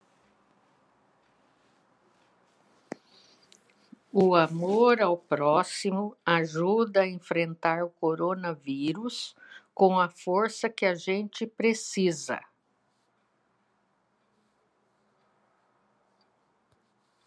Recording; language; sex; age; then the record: spoken sentence; Brazilian Portuguese; female; 70 to 79 years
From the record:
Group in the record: control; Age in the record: 70 years